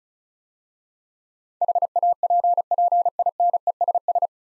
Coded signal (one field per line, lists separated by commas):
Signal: Morse code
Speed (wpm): 35 wpm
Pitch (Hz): 700 Hz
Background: none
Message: HAPPINESS